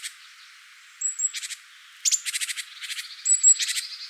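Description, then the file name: Great tit churring calls: short buzzy rattles of rapid pulses in several bursts, with a thin high whistled note between them. "Parus major"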